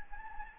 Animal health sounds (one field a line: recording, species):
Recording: mosquito wingbeat signal from an infrared sensor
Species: Anopheles gambiae